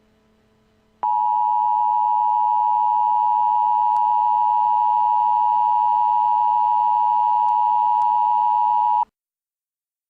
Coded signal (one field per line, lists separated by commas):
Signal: Emergency Alert System (SAME) tones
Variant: 853 and 960 Hz attention tone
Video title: EAS MOCK/Comedy - Harambe